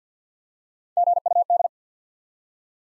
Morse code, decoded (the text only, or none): GUD